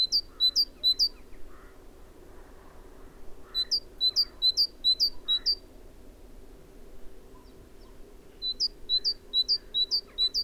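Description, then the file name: Great tit song of repeated two-syllable notes, low then high, delivered in three runs, with fainter lower bird calls between them. "Parus major"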